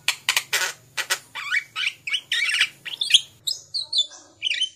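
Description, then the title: Javan pied starling song: rapid scratchy chatter giving way to varied squeaky, whistled notes and grating phrases, delivered in quick uneven bursts. "Jalak Suren"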